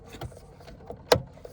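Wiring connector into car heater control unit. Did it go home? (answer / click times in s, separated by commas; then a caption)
yes / 1.1 s. A wiring connector is plugged one-handed into the heater control unit behind the dash of a 1999–2000 Civic Si EM1 during an amber heater lamp upgrade. Soft fumbling taps at 0.2 s and 0.9 s lead to a sharp, loud snap at 1.1 s as the connector clicks in and seats.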